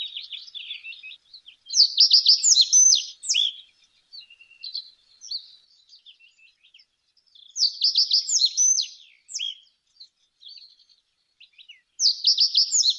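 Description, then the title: Common Reed Bunting song, short bursts of high chirping notes repeated every few seconds with quieter twitters between phrases. "Птицы бассейна Амура - камышовая овсянка"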